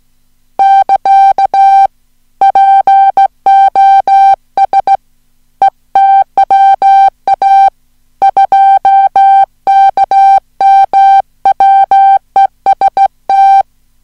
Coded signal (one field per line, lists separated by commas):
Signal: Morse code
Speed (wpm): 15 wpm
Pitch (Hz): 780 Hz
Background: music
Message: <KA> POS ETWA 2KM WEST